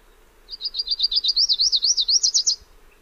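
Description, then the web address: Lucy's warbler song, a bright run of rapid high notes delivered evenly for about two seconds, with a faint low hum underneath. "Songs of Birds of North America Know Your Bird Sounds. Lucys Warbler"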